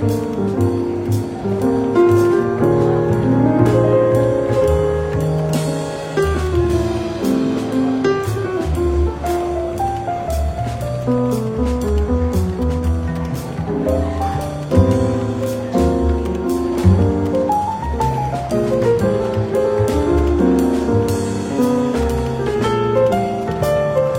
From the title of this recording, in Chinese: 伦敦书店咖啡馆轻微喧闹氛围与柔和轻松的爵士背景音乐